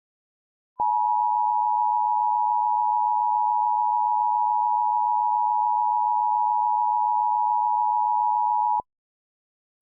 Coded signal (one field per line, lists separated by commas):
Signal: Emergency Alert System (SAME) tones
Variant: 853 and 960 Hz attention tone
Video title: EAS Scenario #23: Mega Scenario - Pandemic Pandemonium